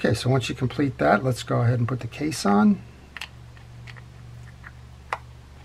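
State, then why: Seated. Someone talks, then the side case of a Shakespeare 100 rear drag spinning fishing reel is pressed onto the reel body during reassembly. A few faint clicks and taps come before a solid little click at 5.1 s, which shows the case is properly in place.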